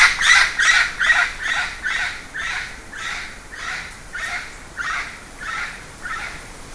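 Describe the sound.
Bird calling in a long, fast series of rough, squawking notes that gradually grow fainter over about six seconds.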